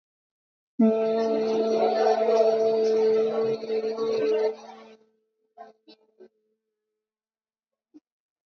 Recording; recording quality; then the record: sustained vowel as in beet; moderate, slight background noise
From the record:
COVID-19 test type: RT-PCR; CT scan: not taken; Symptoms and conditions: cough, cold, fever, loss of smell and taste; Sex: female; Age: 51 years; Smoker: no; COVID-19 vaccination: both doses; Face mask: worn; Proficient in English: yes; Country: India